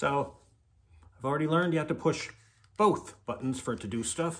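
A tripod leg or extension on a selfie-stick tripod body is being handled, with both release buttons needing to be pressed for it to move. Someone talks throughout, with a faint tap near 1.0 s. Nothing has seated or clicked into place yet.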